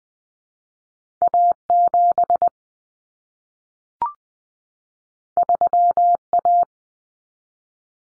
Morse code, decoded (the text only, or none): A7 3A